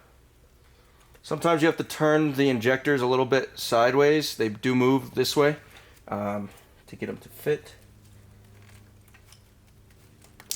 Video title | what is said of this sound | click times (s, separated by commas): 2006-2007 SUZUKI GSXR 600/750 COMPLETE GUIDE: REMOVING AND INSTALLING FULL WIRE HARNESS | and then they just press in make sure you hear the click | 10.5 s